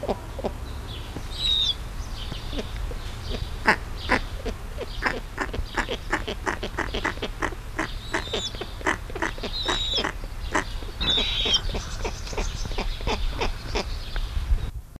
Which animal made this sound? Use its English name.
Snowy Owl